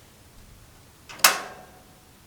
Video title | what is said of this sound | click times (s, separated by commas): CharBroil Performance Series Griddle Model # 463711223 Unboxing Assembly Review Cookout | yeah that little click me just locked in place | 1.2 s